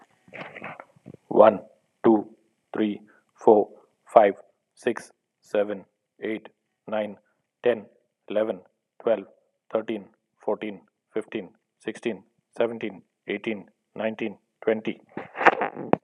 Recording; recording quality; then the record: counting at a normal pace; excellent, no background noise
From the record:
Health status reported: exposed to COVID-19, no respiratory illness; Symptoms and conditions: cough, fever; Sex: male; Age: 51 years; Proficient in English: yes